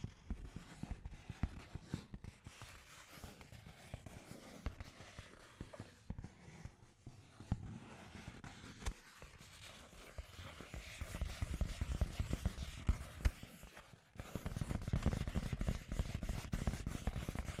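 Scratchy tapping runs throughout, a dense, irregular patter of dry clicks and scrapes with no steady rhythm. Brief lulls come near nine and fourteen seconds, and the taps grow louder and fuller after about ten seconds, strongest in the final stretch.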